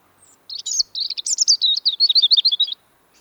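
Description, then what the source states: European robin song: one continuous rippling phrase of quick, varied high twittering notes lasting about two seconds, clear against a quiet background. Autumn song, singing again now with the arrival of northern migrants.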